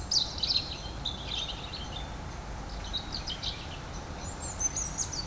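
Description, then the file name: European robin giving thin, high warbled phrases of quick twittering notes, pausing briefly between them, against a steady low rumble of background noise. "Erithacus rubecula"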